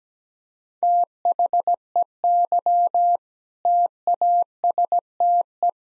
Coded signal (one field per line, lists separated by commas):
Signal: Morse code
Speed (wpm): 17 wpm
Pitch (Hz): 700 Hz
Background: none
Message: THEY TASTE